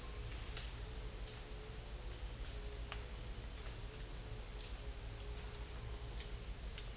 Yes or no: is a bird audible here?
no